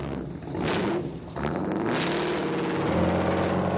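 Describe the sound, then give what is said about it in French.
A hot rod car engine, a 1930s car brought up to date, revs loudly, with a couple of throaty bursts before its rough, growling pitch climbs and holds in a steady, sustained roar. “Le hot rod, une voiture des années 30 remise au goût du jour.”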